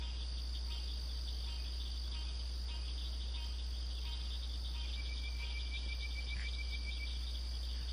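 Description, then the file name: Bird-voiced treefrog giving a brief series of rapid whistled notes in the second half, set against continuous insect droning and a steady low background rumble. "Hyla avivoca"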